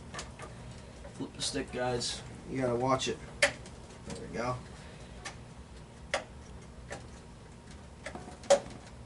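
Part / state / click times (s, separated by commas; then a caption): RAM module into motherboard DIMM slot / partly seated / 6.1 s. A RAM stick is pressed into a motherboard memory slot while someone talks, and one retention clip gives a sharp click at 6.1 s. Only one side clicks in, so the module is not fully seated on both sides.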